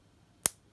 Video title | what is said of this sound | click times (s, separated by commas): LEGO Porsche 911 Turbo Building Tutorial | Nice click. It shows it's on properly. | 0.5 s